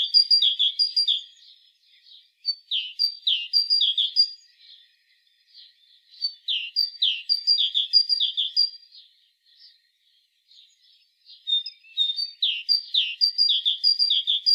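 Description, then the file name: Great tit calling in several bouts of rapid, repeated high chirps and short whistled notes, separated by brief pauses. "Parus major"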